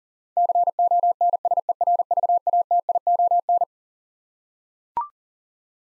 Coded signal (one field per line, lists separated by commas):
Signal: Morse code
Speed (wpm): 40 wpm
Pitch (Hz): 700 Hz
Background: none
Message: CONSERVATION